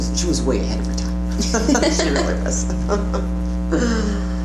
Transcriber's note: laughter